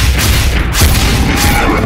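Hunters' rifles fire another volley at a Tyrannosaurus rex, cracking out in a few loud, booming bursts, each blast followed by a heavy low rumble that fills the gaps between shots. No voices are heard.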